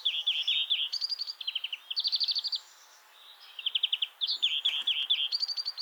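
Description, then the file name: European greenfinch twittering almost continuously, rapid trilled phrases shifting pitch between each run, with a brief pause midway before the twitter resumes. "Chloris chloris"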